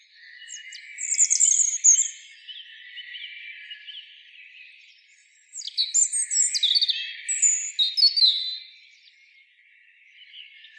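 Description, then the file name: European robin song, two phrases of high liquid warbles and thin whistled notes with a brief lull between them. "Erithacus rubecula"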